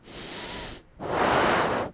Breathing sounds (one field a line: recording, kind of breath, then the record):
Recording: one breath in and out by a microphone near the nose and mouth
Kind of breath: deep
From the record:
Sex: male